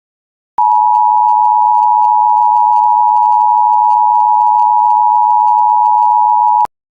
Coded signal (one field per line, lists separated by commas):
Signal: Emergency Alert System (SAME) tones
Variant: 853 and 960 Hz attention tone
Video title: NUCLEAR AFTERMATH - EAS Short